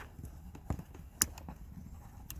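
A plastic rain guard is pushed again into the window channel of a 2015 WRX car door, giving a sharp click at 1.2 s among soft scraping and tapping, with another brief tick near 2.3 s. The guard is still not seated flush.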